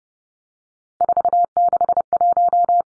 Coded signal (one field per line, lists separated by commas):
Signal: Morse code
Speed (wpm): 30 wpm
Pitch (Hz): 700 Hz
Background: none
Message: 461